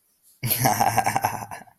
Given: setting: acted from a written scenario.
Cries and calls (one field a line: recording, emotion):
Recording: vocal sound without words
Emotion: amusement